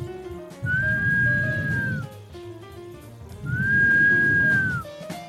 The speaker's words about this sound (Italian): Ma è il signor Fischio? Fischia?